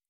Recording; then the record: hydrophone in a shrimp aquaculture tank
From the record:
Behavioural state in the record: normal